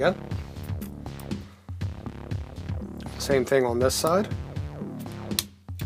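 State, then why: Seated. Over background music, someone talks while sliding a plastic piece into place on the arm joint of the second side of a Toyworld Muddy transforming combiner figure. A sharp click at 5.4 s marks the piece seating into position, so the arm can now move without disturbing it.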